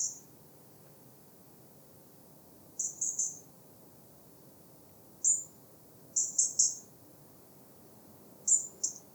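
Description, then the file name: European robin calls, somewhat soft: scattered groups of one to three high, thin ticking notes every few seconds over a quiet hiss. "Erithacus rubecula"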